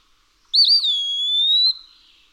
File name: Eastern Wood-pewee